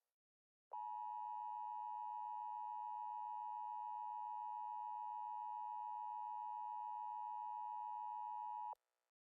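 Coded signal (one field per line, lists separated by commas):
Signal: Emergency Alert System (SAME) tones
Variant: 853 and 960 Hz attention tone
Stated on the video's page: Mock (simulated) tornado alert for Fort Worth.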